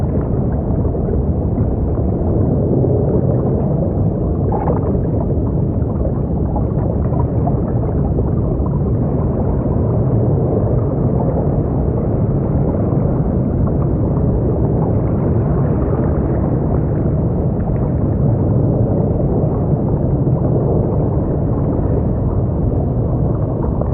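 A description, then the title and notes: Deep, muffled underwater rumble churns steadily and densely throughout, dark and low with no bright sounds, like an engine drone beneath the sea. Underwater Sounds of the Deep Blue Ocean.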